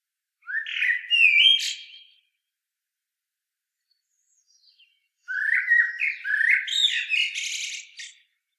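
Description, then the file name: Common blackbird song: two phrases of low fluted warbling notes, each ending in a higher squeaky twitter, separated by a pause of about three seconds. "Turdus merula"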